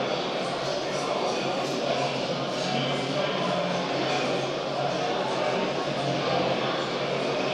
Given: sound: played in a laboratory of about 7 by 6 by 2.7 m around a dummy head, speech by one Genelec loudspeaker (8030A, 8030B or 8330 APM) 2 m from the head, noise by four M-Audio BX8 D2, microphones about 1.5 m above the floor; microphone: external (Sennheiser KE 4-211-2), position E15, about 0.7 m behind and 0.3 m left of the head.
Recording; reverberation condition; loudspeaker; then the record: cafeteria noise; high; four, about 170 cm from the corners of the room and facing them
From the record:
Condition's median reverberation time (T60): about 1300 ms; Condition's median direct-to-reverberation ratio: about -4.0 dB